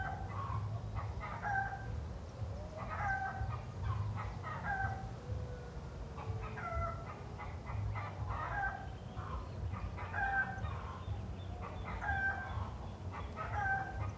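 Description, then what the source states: Chickens clucking and cackling in repeated nasal bursts throughout, several hens overlapping above a constant low rumble. Hens cackling in the city.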